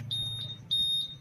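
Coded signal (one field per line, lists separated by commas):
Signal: alarm pattern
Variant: Honda Smart Key answer-back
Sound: two high steady electronic beeps, each about half a second, fairly loud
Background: low rumble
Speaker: na ung volume ng answer back alarm natin So yun yung tunog So yung unang tunog medyo malakas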